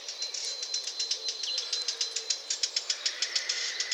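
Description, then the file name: Eurasian blackcap giving a rapid series of sharp tack clicks over a thin, high background whine. "Sylvia atricapilla"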